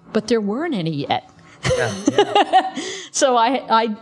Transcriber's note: chuckle